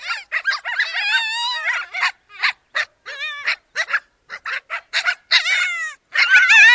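Ethiopian wolf yelps: an opening burst of rapid wavering cries, then a run of short choppy yelps, ending in loud high-pitched squeals.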